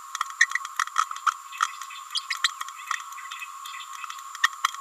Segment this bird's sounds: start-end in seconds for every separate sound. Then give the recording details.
0.40-0.47, 2.15-2.21, 2.30-2.35, 4.43-4.48. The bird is a female. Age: 29 days. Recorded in a nest box in Venezuela. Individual 17B31A3